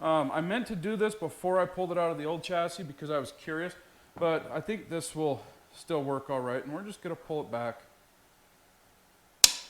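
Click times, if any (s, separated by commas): 9.4 s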